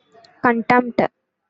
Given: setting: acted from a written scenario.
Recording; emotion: vocal sound without words; contempt